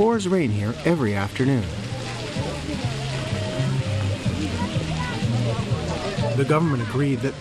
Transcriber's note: the sound of a hard rain and people talking at the camp